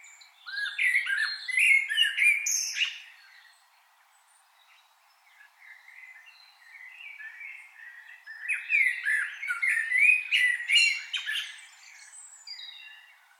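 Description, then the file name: Common blackbird giving bursts of warbled and squeaky chattering notes with high twittering, a quiet pause in the middle, then a second longer burst. "Turdus merula"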